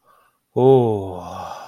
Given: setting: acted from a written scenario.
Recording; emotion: vocal sound without words; serenity